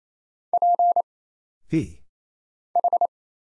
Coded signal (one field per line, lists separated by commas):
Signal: Morse code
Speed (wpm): 28 wpm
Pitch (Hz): 700 Hz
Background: none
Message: P H